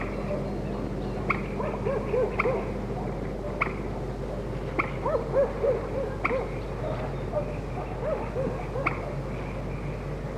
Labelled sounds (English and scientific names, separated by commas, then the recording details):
Common Moorhen (Gallinula chloropus) call
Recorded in the wild
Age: adult
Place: Petershain, Niederlausitz, Sachsen, DE
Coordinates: 51.3208, 14.7375
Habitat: Teich
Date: 1963-05-09
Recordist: Meyer, Hugo